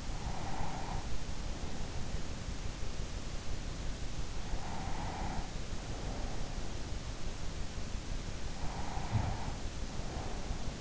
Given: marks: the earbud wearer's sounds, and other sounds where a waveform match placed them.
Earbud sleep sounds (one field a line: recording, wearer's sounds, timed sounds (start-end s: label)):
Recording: sounds in sleep by an in-ear microphone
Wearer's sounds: breath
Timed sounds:
0.00-2.55 s: breath
4.40-6.69 s: breath
8.69-10.81 s: breath